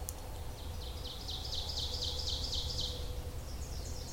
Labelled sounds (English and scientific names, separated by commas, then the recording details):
Ovenbird (Seiurus aurocapilla) song
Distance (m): 70 m
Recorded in boreal forest in Alberta, Canada, on 26 May 2016 at 07:53
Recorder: SongMeter 3, array SBT-3-15
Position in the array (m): 53 m, 223 m
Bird 20